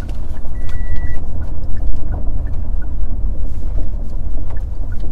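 Steady road traffic rumbles throughout, a dense low-pitched roar of cars and trucks passing, with a brief faint tonal beep early on. No one speaks.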